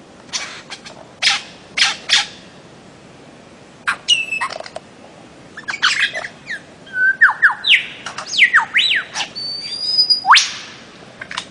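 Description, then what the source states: Bird-of-paradise song: scattered sharp clicks, then a lively tangle of zigzagging whistles and quick slurred notes, with a faint hiss underneath. Master song used for training songbirds.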